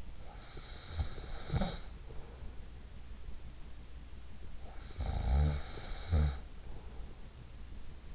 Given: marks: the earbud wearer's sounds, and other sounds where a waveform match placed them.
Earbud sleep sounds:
sounds in sleep by an in-ear microphone; snoring breath
0.00-2.61 s: snoring breath
4.53-7.25 s: snoring breath

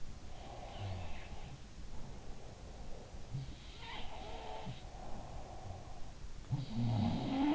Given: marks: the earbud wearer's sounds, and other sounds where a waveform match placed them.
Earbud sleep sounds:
sounds in sleep by an in-ear microphone; breath
0.12-3.56 s: breath
0.25-2.49 s: sound from someone else or the room
3.30-5.57 s: sound from someone else or the room
4.83-7.55 s: breath
6.39-7.55 s: sound from someone else or the room

